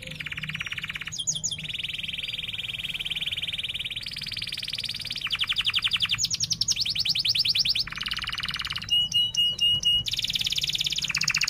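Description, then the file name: Canary song made of one rolling trill after another, each a fast run of identical notes at a different pitch, some buzzy, some clipped and metallic. Canary singing vigorously (gacor), with 'cuit-cuit' chirps and sharp rolling trills (ngerol). "Suara Kenari Gacor Cuit Cuit Ngerol Tajam"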